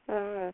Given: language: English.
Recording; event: throat vibration sensor signal played as sound; speech